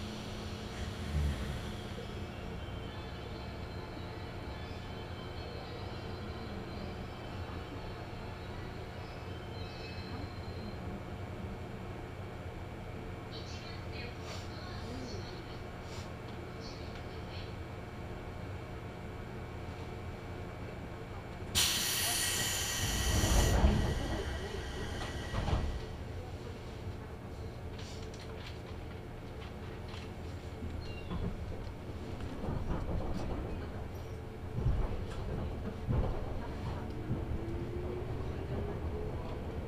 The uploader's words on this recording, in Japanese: 中央東線普通 大月→高尾。四方津駅で特急の通過待ちで9分停車します。